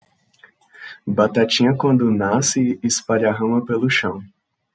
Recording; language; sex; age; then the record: short text; Brazilian Portuguese; male; 20 to 29 years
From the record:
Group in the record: control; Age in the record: 26 years